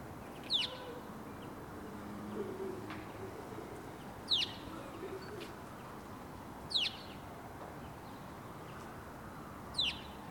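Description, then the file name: House sparrow chirps: four brief, sharp, high chirps a few seconds apart, each a single quick note, over steady background noise. "Passer domesticus"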